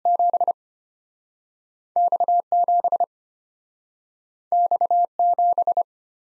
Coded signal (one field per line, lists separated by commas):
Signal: Morse code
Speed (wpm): 34 wpm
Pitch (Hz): 700 Hz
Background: none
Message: 7X 7X 7